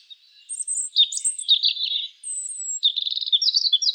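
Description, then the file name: European robin singing a run of varied, high, liquid phrases, with a drawn-out whistle followed by a rapid rattling trill. "Erithacus rubecula"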